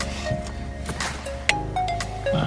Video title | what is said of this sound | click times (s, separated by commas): Review dan Pemasangan Dash Cam ADAS HD DVR (Digital Video Recorder) Navigasi | Sampai bunyi klik ya Eh | 1.5 s